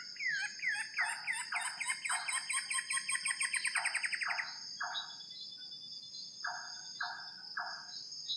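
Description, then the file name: Common paradise kingfisher giving a quick series of harsh chattering notes, then four separate rasping notes, one alone and then three together, over a continuous high-pitched hum. "suara cekakak pita biasa"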